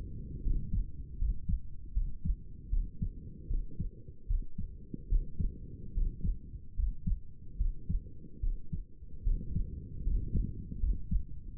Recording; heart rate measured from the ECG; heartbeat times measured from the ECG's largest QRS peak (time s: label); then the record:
heart sounds by stethoscope; 76 bpm
0.43 s: heartbeat
1.18 s: heartbeat
1.93 s: heartbeat
2.70 s: heartbeat
3.47 s: heartbeat
4.27 s: heartbeat
5.08 s: heartbeat
5.94 s: heartbeat
6.76 s: heartbeat
7.57 s: heartbeat
8.40 s: heartbeat
9.23 s: heartbeat
10.03 s: heartbeat
10.79 s: heartbeat
11.55 s: heartbeat
From the record:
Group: healthy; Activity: rest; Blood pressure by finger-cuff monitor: 99/67 mmHg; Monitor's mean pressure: 76 mmHg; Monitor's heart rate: 74 bpm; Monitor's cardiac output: 6.1 L/min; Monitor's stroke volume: 82 mL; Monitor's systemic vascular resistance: 900 dyn s/cm5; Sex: male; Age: 35 years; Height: 180 cm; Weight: 86.9 kg